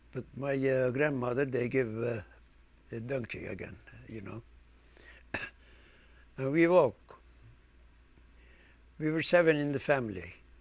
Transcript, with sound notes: but my grandmother they give the donkey again, you know. (he coughs) And we walk. We were seven in the family.